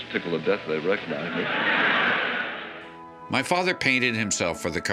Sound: laughs